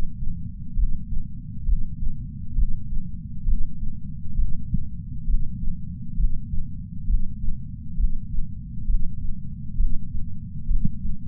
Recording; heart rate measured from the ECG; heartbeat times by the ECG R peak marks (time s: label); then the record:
heart sounds by patch sensor on the chest; 67 bpm
0.75 s: heartbeat
1.65 s: heartbeat
2.55 s: heartbeat
3.45 s: heartbeat
4.35 s: heartbeat
5.26 s: heartbeat
6.16 s: heartbeat
7.06 s: heartbeat
7.96 s: heartbeat
8.86 s: heartbeat
9.77 s: heartbeat
10.67 s: heartbeat
From the record:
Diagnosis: coronary artery disease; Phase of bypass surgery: intraoperative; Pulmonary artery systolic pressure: 24 mmHg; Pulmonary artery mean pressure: 16 mmHg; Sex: male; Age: 58 years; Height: 170 cm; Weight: 80 kg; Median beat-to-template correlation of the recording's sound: 0.91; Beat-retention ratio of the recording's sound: 0.99